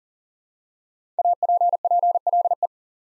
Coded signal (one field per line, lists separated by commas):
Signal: Morse code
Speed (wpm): 40 wpm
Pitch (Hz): 700 Hz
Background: none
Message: APPLE